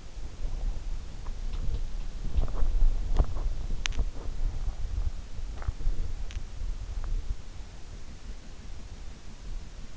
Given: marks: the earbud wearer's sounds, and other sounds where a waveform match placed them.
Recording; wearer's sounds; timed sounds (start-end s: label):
sounds in sleep by an in-ear microphone; body movement, teeth grinding
0.00-6.99 s: body movement
3.58-4.24 s: teeth grinding